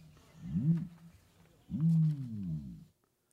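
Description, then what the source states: Ostrich booming warning call, a short low hoot followed by a longer, drawn-out deep boom with rich rumbling overtones. Distinctive warning call of a male; very low-frequency call audible for kilometers in harsh, open landscapes.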